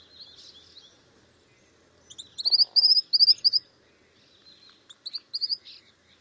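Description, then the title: White-naped xenopsaris calling with thin, high twittering notes, a brief pause, then another burst of quick squeaky notes. "LuckyPassaro Completos2Sama. White-naped Xenopsaris (Xenopsaris albinucha)"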